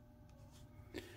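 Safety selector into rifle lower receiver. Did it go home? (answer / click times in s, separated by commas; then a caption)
no / none. A metal ambidextrous safety selector and its lever are handled and worked into a rifle lower receiver, with a low steady background hum and a brief sharp sound near 1.0 seconds. The selector has not seated or clicked into place yet.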